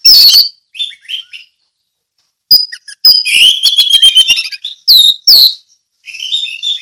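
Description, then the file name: Orange-headed thrush song of bright, shrill whistles and a chattering, rattling run, with a quiet gap in the middle before harsh notes resume. Song in the ngeplong style. "anis merah ngeplong"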